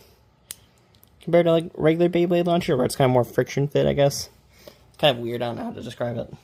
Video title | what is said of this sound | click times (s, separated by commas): LET'S BUILD BEYBLADE DRANZER MF!!! | These guys kind of just click in place | 0.5 s